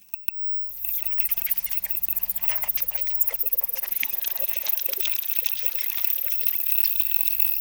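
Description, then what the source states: Bat clicks in a fast, rhythmic run of pulses that quicken and blur into a steady buzz, with hiss and a low hum. Recorded at Fox Park.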